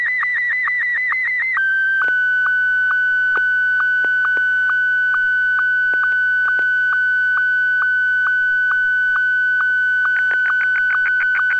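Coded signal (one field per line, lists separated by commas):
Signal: SSTV (slow-scan television)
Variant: Martin 1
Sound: warbling header tones, then a steady tone with regular short ticks about twice per second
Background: FM radio hiss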